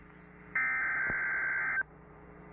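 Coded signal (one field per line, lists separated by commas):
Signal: Emergency Alert System (SAME) tones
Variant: header bursts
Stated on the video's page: Real EAS tornado warning for Tulsa, Oklahoma, received on 89.5 FM radio.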